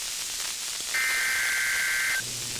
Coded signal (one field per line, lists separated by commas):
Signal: Emergency Alert System (SAME) tones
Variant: header bursts